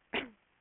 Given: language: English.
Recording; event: throat vibration sensor signal played as sound; cough